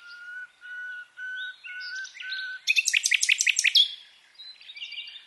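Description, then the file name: Common nightingale song opening with five slow, pure whistled notes on one pitch, then a loud rapid series of sharp repeated chirps and a rising whistle, fading into softer twitters. "Luscinia megarhynchos"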